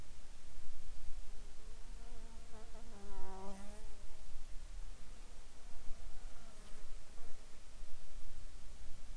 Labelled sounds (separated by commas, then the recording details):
insects
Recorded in the Arctic National Wildlife Refuge, Alaska, on 7 July 2019 at 19:34
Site 41